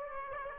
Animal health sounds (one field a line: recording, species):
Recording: mosquito wingbeat signal from an infrared sensor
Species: Aedes aegypti